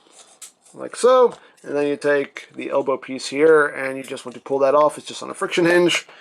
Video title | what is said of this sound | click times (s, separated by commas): DNA Design Studio Series Grimlock UPGRADE KIT | just slides right in locks into place like | 0.4 s